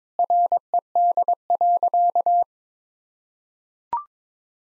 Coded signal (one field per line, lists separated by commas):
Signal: Morse code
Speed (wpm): 22 wpm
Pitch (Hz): 700 Hz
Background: none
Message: RED.